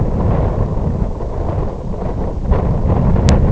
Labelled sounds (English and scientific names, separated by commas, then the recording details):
none
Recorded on Arctic tundra, site IGLO-F, on 19 June 2018
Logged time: 00:00